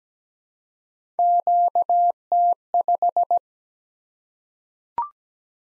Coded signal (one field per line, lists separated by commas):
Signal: Morse code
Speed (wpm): 17 wpm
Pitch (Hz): 700 Hz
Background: none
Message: QT5